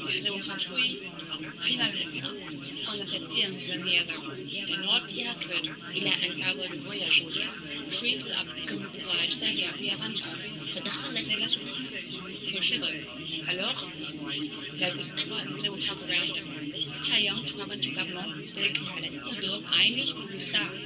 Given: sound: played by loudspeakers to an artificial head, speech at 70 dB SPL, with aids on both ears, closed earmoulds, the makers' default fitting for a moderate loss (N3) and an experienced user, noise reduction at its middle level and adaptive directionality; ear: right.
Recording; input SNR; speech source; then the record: speech test signal (ISTS) in cocktail-party noise; -6 dB; on the right (90 degrees)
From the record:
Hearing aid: class 1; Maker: C